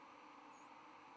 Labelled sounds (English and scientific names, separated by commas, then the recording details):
White-throated Sparrow (Zonotrichia albicollis) flight call
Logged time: 07:56 on 10 November 2014